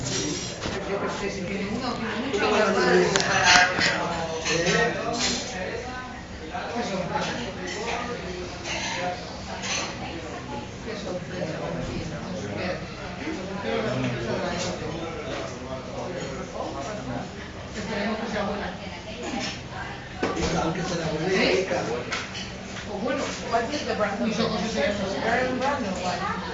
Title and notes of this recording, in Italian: in un bar di Barcellona. L’esotico cicalecchio di un bar di Barcelona